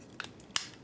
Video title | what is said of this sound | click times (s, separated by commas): TRANSFORMERS 3 DA-28 STRIKER OPTIMUS PRIME DOTM LEADER CLASS ACTION FIGURE TOY REVIEW!!.. | you just want to push these in here so you hear clicking noise like that you do the same thing with the other side | 0.2 s, 0.6 s